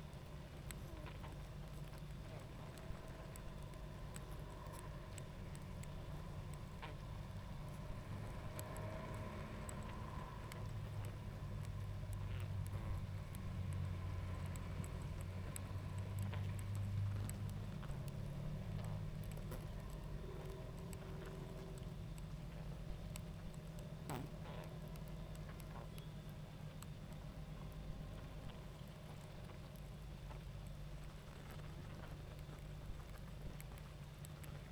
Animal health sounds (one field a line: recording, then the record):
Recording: honeybee colony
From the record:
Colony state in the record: active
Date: 28 July 2017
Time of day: 21:09